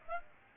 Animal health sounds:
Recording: mosquito wingbeat signal from an infrared sensor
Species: Aedes aegypti

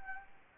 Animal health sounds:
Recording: mosquito wingbeat signal from an infrared sensor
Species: Anopheles gambiae

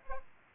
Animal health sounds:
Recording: mosquito wingbeat signal from an infrared sensor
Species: Aedes aegypti

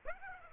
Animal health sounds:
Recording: mosquito wingbeat signal from an infrared sensor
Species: Aedes aegypti

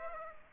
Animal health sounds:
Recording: mosquito wingbeat signal from an infrared sensor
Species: Aedes aegypti

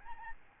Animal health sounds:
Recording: mosquito wingbeat signal from an infrared sensor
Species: Aedes albopictus

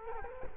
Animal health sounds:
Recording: mosquito wingbeat signal from an infrared sensor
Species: Culex quinquefasciatus

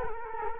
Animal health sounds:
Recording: mosquito wingbeat signal from an infrared sensor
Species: Culex quinquefasciatus

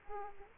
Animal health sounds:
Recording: mosquito wingbeat signal from an infrared sensor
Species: Aedes aegypti

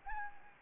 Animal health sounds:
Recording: mosquito wingbeat signal from an infrared sensor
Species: Anopheles gambiae

